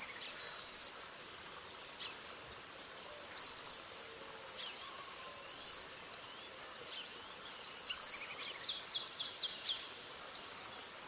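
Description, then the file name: Suiriri flycatcher song: clipped, high-pitched bursts of rapid notes every two to three seconds, set against an unbroken shrill insect chorus. "Canto do suiriri cinzento"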